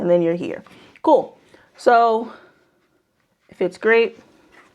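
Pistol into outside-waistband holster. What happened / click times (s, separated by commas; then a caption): Handled, not yet seated: no retention click heard / none. A Glock 19X pistol with a light and optic is handled at a polymer outside-waistband holster while someone talks, with short pauses between phrases. The pistol has not yet been pushed home, so nothing has seated or clicked into the holster's retention yet.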